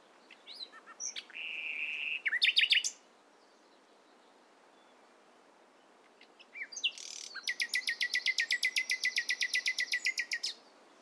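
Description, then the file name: Common nightingale song: a short whistled note and harsh chips, a pause, then a fast, loud, even trill of sharp notes lasting about three seconds. "Luscinia megarhynchos"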